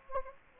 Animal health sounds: mosquito wingbeat signal from an infrared sensor; Anopheles gambiae

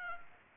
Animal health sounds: mosquito wingbeat signal from an infrared sensor; Aedes aegypti

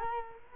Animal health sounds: mosquito wingbeat signal from an infrared sensor; Culex quinquefasciatus

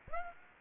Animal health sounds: mosquito wingbeat signal from an infrared sensor; Aedes aegypti

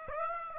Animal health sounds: mosquito wingbeat signal from an infrared sensor; Aedes aegypti

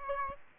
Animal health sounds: mosquito wingbeat signal from an infrared sensor; Aedes aegypti

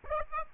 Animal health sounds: mosquito wingbeat signal from an infrared sensor; Aedes aegypti

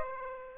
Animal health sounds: mosquito wingbeat signal from an infrared sensor; Aedes aegypti

